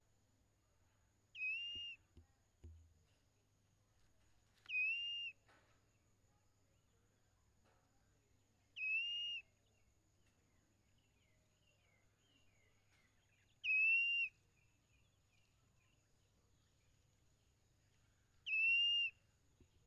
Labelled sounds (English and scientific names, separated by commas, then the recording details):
Blue-naped Mousebird (Urocolius macrourus)
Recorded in northern Uganda